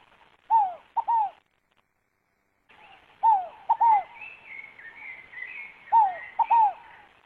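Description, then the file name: Scaled dove song in three-note cooing phrases. Each ends in a longer downslurred note and comes every few seconds, over background bird trills. "canto da rolinha fogo pagou"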